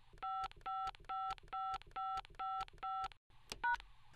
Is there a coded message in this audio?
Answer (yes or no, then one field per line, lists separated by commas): yes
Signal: DTMF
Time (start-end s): 0.2-3.8 s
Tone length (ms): 250 ms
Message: 5555555 #